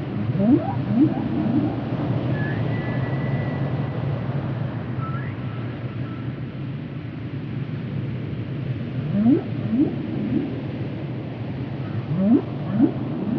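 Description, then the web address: Whale calls: pairs of brief upward sweeps appear at the start and again near the end, with a faint high whistle between, over steady low noise. Recorded underwater. "zvuci ot kitove glasove na kitove pod vodata"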